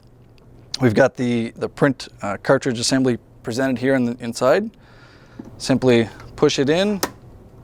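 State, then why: Not seated. An inkjet print cartridge is being pushed into the carriage assembly inside an HID Fargo INK1000 plastic card printer while someone talks. Two faint ticks sound near the start, at 0.0 s and 0.4 s. Nothing has clicked or seated yet.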